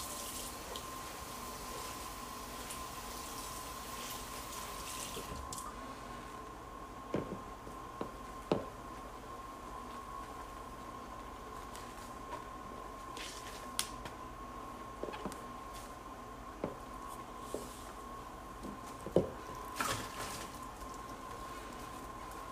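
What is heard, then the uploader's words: A large bowl is washed and dried, with a steady low hum and a constant tone running underneath throughout. Brighter wet rubbing fills the first five seconds, then sharp clicks and knocks of the bowl come irregularly, clustering around 7–9, 14–17 and 19–20 seconds. ASMR Washing and Drying Large Bowl.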